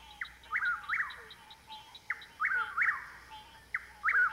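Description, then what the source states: Chuck-will's-widow song: a clipped opening note followed by two emphatic slurred whistles, the phrase repeated, with a frog chorus behind. Heard over a chorus of frogs.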